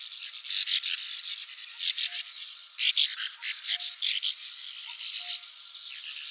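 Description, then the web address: Sand martin calls: rasping, buzzy twitters coming in uneven bursts, several birds overlapping in a steady busy chatter. "syoudoutubame"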